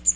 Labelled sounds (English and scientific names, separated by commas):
Magnolia Warbler (Setophaga magnolia) flight call